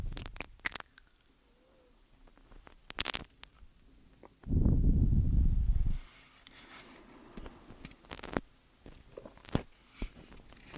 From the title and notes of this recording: Simple Ear Eating, Complex Tingels ~ ASMR TASCAM.